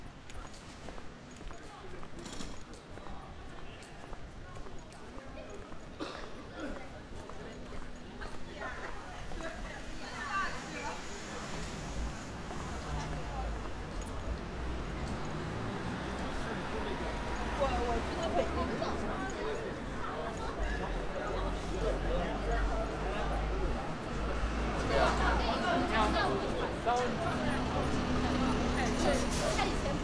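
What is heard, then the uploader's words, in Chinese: Daehak-ro street scene: overlapping voices and chatter run throughout, growing gradually louder and busier toward the end. From about twelve seconds a low rumble, likely passing traffic, joins in, with scattered sharp clicks and knocks along the way. 大学路。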